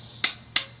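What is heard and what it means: A click-type torque wrench set to 30 ft-lb tightens the 17 mm oil drain plug into the engine oil pan of a 2015 Honda Civic, held at the bottom of the handle. Two sharp, snap-like clicks ring out at 0.2 s and 0.6 s over a low steady hum, showing the plug has reached 30 foot-pounds.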